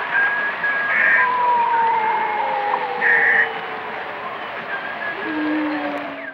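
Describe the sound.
Whale sounds: long low moaning tones sliding slowly downward, with brief higher cries above them, over a steady hiss.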